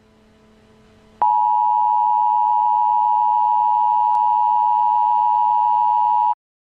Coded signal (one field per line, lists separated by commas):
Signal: Emergency Alert System (SAME) tones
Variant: 853 and 960 Hz attention tone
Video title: EAS SCENARIO - ANALOG HORROR - THE MUTATED MOON